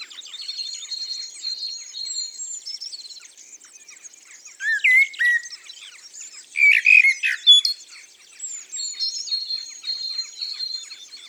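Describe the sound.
Common blackbird singing: two louder fluty phrases amid a steady stream of high, scratchy twittering notes.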